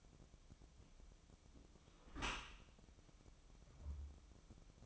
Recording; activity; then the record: daily activity, microphone in the room; close dishwasher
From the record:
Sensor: 1